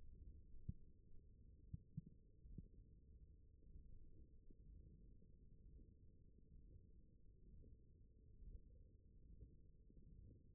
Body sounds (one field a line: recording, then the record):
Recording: forearm muscle sounds (acoustic myography)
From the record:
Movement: wrist flexion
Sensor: system 1, eight BSWA MPA416 microphones around the upper forearm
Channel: 1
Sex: male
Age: 21 years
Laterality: right